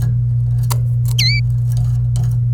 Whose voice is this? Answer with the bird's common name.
Domestic Canary